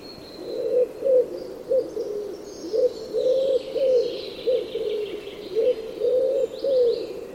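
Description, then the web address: Bird repeating low, hollow coos in an irregular string of about ten notes, with soft high chirps and whistles faintly behind. "Bird Only"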